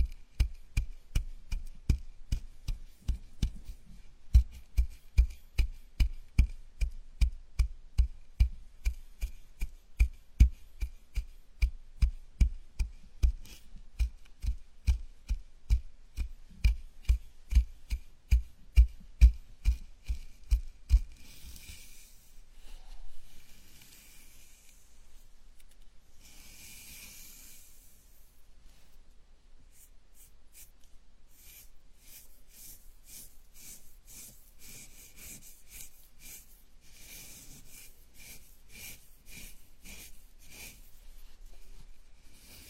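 A scalp massage plays out as quick, regular tapping strokes for the first twenty seconds, each one a soft thud with a crisp edge. After that the tapping stops, giving way to quieter rubbing and brushing with occasional airy swishes, then a faint, steady run of fine scratching.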